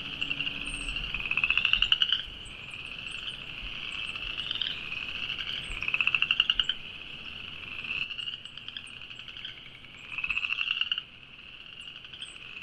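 A forest and wetland soundscape at Moccasin Bend on the Tennessee River, filled with a dense, steady chorus of frogs or insects. Every few seconds a louder pulsing trill rises above it, around the two, six and ten second marks, then fades back.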